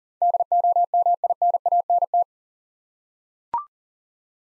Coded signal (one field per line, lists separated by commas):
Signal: Morse code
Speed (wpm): 40 wpm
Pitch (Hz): 700 Hz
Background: none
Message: DOMINANT